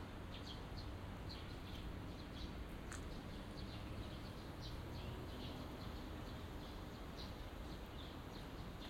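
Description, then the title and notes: Birds twittering continuously with bright short chirps spread throughout, one sharper high note in the middle, over a dense low background noise. Binaural recording of birds singing in a small garden in a corner of Yushima Tenjin shrine, Tokyo, Japan, surrounded by buildings, after rain. "小鳥のさえずり、雨上がりの庭園にて（Binaural）- Birds singing in the garden. 湯島天神の片隅にある小さな庭園で録音しました。"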